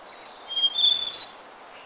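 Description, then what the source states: White-tailed robin song: one short phrase of high, thin whistled notes, sliding and overlapping for about three-quarters of a second, against soft background hiss. Dirang, India.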